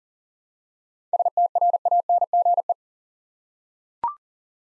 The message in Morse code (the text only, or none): STRANGE